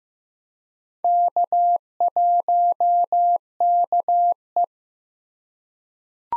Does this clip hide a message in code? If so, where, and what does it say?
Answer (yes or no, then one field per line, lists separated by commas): yes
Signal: Morse code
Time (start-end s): 1.0-4.6 s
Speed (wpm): 15 wpm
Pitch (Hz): 700 Hz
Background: none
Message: K1KE